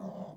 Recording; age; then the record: pig call; piglet (1 to 25 days)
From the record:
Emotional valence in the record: negative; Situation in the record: long isolation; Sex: male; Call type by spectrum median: low-frequency call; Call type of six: low-frequency stable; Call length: 0.36 s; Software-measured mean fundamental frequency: 55 Hz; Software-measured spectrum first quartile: 192 Hz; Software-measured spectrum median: 364 Hz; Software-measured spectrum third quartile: 651 Hz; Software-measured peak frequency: 187 Hz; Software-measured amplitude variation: 148 dB a second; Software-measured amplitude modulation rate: 26.2 a second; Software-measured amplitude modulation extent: 5.7 dB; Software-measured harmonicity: 3.8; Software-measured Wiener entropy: -0.24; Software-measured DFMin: 1050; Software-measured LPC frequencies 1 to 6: 627, 3351, 4838, 6134, 7151, 9727 Hz